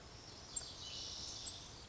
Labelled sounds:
Lazuli Bunting
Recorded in Sonoma County, California

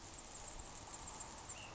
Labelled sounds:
Ash-throated Flycatcher
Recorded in Sonoma County, California

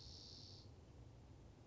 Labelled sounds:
Spotted Towhee
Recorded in Sonoma County, California

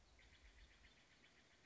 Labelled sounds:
Steller's Jay
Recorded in Sonoma County, California

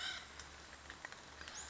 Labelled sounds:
Western Flycatcher
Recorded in Sonoma County, California

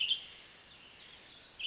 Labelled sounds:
Western Tanager
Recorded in Sonoma County, California

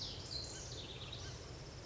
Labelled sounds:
House Wren
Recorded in Sonoma County, California

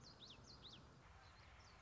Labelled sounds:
Common Yellowthroat
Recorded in Sonoma County, California

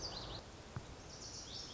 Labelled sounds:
Lazuli Bunting
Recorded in Sonoma County, California

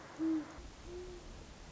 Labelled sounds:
Great Horned Owl
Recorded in Sonoma County, California

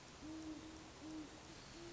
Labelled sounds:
Great Horned Owl
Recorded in Sonoma County, California

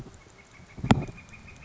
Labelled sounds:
Northern Flicker
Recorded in Sonoma County, California

